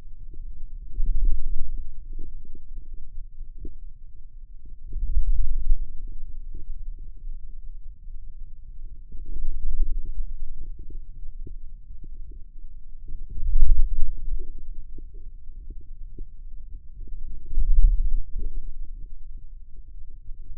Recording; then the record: forearm muscle sounds (acoustic myography)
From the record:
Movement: hand opening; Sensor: system 2, bracelet of six BSWA MPA416 microphones around the upper forearm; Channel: 6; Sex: male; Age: 22 years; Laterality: right